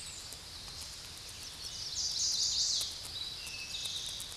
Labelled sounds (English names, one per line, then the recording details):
Chestnut-sided Warbler song
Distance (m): 20 m
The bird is about level with the microphone
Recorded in a Pennsylvania forest on 16 May 2024 at 08:10
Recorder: AudioMoth, point MSD-2007
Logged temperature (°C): 16.1 °C
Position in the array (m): 16 m, 26 m